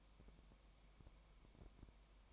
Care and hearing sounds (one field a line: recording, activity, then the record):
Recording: daily activity, microphone in the room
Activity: no activity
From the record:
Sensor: 1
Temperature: 19.1 degrees Celsius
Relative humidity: 34.1%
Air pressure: 1001.3 hPa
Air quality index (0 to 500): 82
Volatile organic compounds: 1 ppm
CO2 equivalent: 822 ppm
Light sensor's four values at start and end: 1/2/1/1 and 1/2/1/1